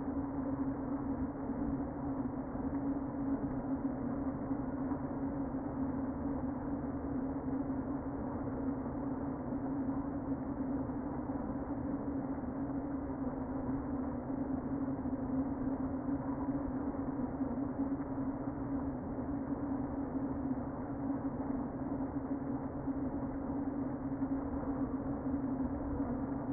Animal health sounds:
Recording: honeybee colony, microphone inside the hive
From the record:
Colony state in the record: queen present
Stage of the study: before two queens were removed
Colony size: about 60,000 bees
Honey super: yes

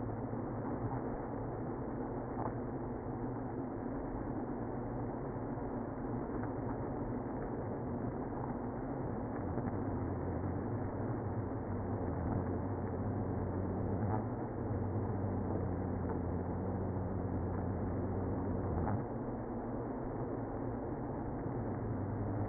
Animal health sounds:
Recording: honeybee colony, microphone inside the hive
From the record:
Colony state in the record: queenless (queen removed)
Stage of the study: after two queens were removed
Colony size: about 60,000 bees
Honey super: yes

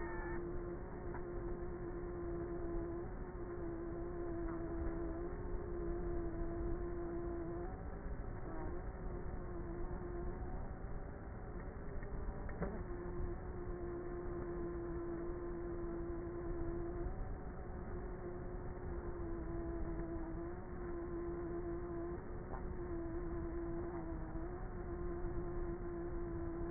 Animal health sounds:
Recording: honeybee colony, microphone inside the hive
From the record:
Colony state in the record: queenless with a low population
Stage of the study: before two queens were removed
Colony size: about 30,000 bees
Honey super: no

